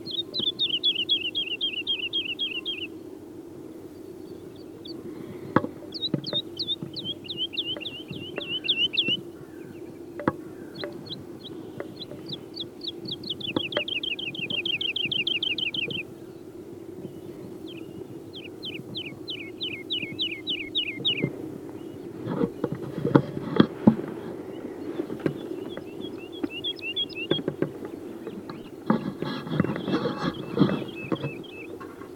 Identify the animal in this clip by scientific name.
Lullula arborea